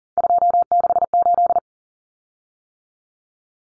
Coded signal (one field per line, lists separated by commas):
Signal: Morse code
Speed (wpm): 40 wpm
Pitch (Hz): 700 Hz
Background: none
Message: 268